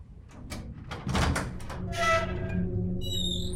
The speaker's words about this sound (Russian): Он открыл дверь.